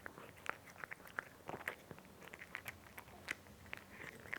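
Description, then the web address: Cat eating: crisp crunchy bites at irregular intervals, mixed with softer chewing clicks. Cat eating with a nice crunchy sound. "BBC Sound Effects Library (Cats) Cat Eating (Nice Crunchy Sound)"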